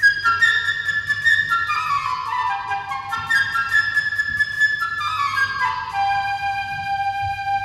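A solo flute plays a rising scale representing the little bird Sasha: a bright, high, twittering line of quick notes and trills, ending on a long held tone, over a faint low hum with no voices.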